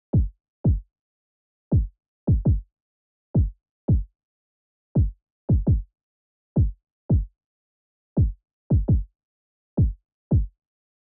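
Heartbeat: low, dull thumps at a rate of 112 beats per minute, with nearly all the energy below 200 Hz and silence between beats.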